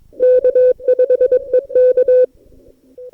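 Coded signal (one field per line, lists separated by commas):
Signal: Morse code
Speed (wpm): 21 wpm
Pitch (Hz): 500 Hz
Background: none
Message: K5EK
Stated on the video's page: Live on-air CW from the ARRL DX CW Contest at a Curacao contest station.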